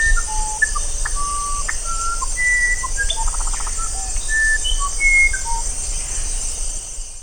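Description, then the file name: Musician wren song of varied pure whistled tones, some rising, with a short buzzy trill midway, against continuous high-pitched insect noise and faint low rumble. "strzyżoń muzykalny"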